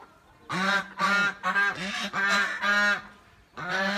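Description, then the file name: Goose calling in a quick series of nasal honks, then a pause and another honk beginning at the end. "Tieng ngong keu"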